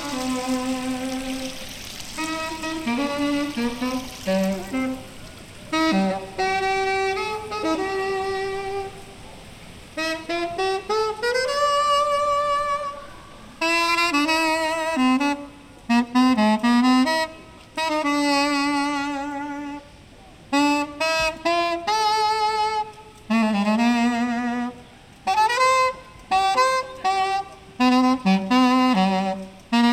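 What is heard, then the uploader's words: A busker plays solo saxophone in a lively, ornamented line, notes bending and sliding with vibrato through a middle-to-high range. Phrases come in quick runs separated by short breaths and brief pauses, the horn sounding bright throughout. The recordings were captured using a binaural microphone between January and April 2022. The saxophonist busker.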